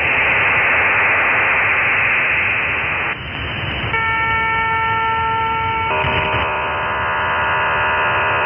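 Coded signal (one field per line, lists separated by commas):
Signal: HF data modem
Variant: Israeli Navy hybrid modem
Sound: steady hiss-like data rush, a brief gap, several parallel steady tones, then more hiss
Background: radio static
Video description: Modem híbrido de la marina israelí en la banda de #radioaficionados de 20 metros. QRG: 14001.5 kHz CF.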